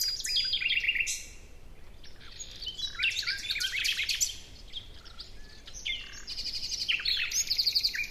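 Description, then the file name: Common nightingale song: dense runs of sharp chirps and rattles, a brief pause, then rapid repeated trilled phrases near the end. "Luscinia megarhynchos"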